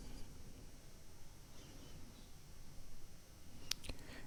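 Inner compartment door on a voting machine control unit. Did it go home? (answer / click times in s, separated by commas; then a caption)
yes / 3.7 s. The inner compartment door of an electronic voting machine control unit is pressed down into place during sealing, and it snaps shut with a sharp click at 3.7 seconds, followed by a softer tap at 3.9 seconds. Before that there is only low background noise and no talk, and the door is seated.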